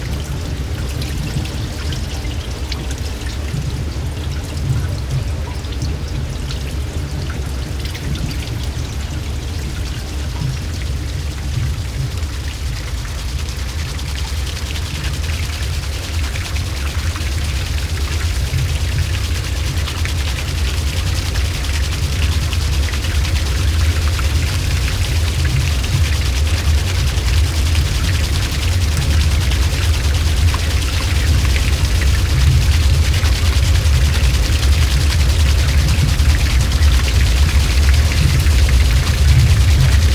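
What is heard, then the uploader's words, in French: Water runs through the mill at Baissey in a steady, dense rush, heaviest in a deep low rumble with a hiss of spray above. The flow grows gradually louder across the clip, fuller from about the midpoint on, with no distinct separate events. De l'eau au moulin. A 16 km de Langres (Haute Marne) se situe le moulin à eau de Baissey.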